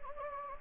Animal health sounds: mosquito wingbeat signal from an infrared sensor; Anopheles gambiae

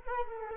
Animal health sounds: mosquito wingbeat signal from an infrared sensor; Culex quinquefasciatus

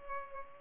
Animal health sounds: mosquito wingbeat signal from an infrared sensor; Culex pipiens

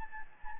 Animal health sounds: mosquito wingbeat signal from an infrared sensor; Anopheles gambiae

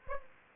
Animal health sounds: mosquito wingbeat signal from an infrared sensor; Aedes aegypti

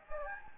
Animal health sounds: mosquito wingbeat signal from an infrared sensor; Anopheles gambiae

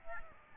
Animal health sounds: mosquito wingbeat signal from an infrared sensor; Aedes albopictus

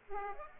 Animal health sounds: mosquito wingbeat signal from an infrared sensor; Aedes aegypti

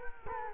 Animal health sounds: mosquito wingbeat signal from an infrared sensor; Culex quinquefasciatus

